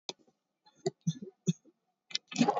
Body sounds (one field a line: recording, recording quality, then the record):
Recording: shallow voluntary cough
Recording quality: moderate, slight background noise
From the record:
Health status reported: recovered from COVID-19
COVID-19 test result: positive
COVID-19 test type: RT-PCR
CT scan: taken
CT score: 8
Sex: male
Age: 38 years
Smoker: no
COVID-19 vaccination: one dose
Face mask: not worn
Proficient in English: yes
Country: India